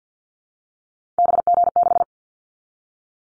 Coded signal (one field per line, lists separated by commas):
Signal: Morse code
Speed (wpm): 50 wpm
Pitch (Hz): 700 Hz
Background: none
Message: BG6